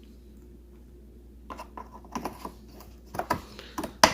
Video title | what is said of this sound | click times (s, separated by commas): Breville Grind Control Coffee Machine UNBOXING and Walk-through | So twist to lock it till you hear that click. | 4.0 s